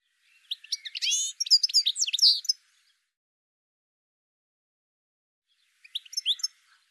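Bird song: one long phrase of rapid high chirps and trills, then silence, then a short quieter twitter near the end.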